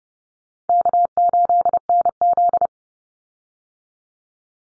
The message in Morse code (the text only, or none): K8NZ